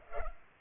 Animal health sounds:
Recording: mosquito wingbeat signal from an infrared sensor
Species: Culex pipiens

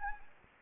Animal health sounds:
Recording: mosquito wingbeat signal from an infrared sensor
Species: Anopheles arabiensis

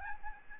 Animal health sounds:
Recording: mosquito wingbeat signal from an infrared sensor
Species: Aedes albopictus

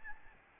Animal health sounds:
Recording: mosquito wingbeat signal from an infrared sensor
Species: Aedes albopictus

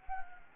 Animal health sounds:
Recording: mosquito wingbeat signal from an infrared sensor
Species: Anopheles gambiae

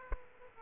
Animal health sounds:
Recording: mosquito wingbeat signal from an infrared sensor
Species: Aedes aegypti

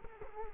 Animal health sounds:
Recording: mosquito wingbeat signal from an infrared sensor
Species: Culex quinquefasciatus

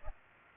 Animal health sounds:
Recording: mosquito wingbeat signal from an infrared sensor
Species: Aedes aegypti

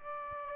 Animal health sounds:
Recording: mosquito wingbeat signal from an infrared sensor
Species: Aedes aegypti

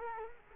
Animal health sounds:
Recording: mosquito wingbeat signal from an infrared sensor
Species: Culex quinquefasciatus

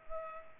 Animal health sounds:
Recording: mosquito wingbeat signal from an infrared sensor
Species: Culex pipiens

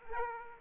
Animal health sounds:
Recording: mosquito wingbeat signal from an infrared sensor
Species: Aedes aegypti

